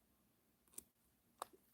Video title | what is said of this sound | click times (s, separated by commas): In Rose's Garden is live! | clicks in place. | 1.4 s